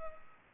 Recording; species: mosquito wingbeat signal from an infrared sensor; Culex pipiens